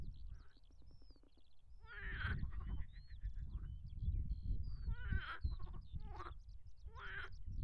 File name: marsh frog